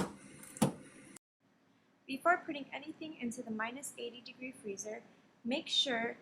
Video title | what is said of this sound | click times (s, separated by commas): The Cryostat: An Intro | to close the freezer push the lever upward and make sure it locks into place before you walk away | 0.6 s